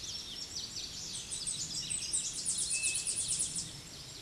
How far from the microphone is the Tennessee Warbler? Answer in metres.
about 10 m